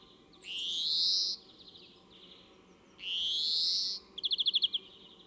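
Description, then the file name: European greenfinch giving two long rising nasal wheezes, each about a second, then a quick burst of clipped trilled notes. "Chloris chloris"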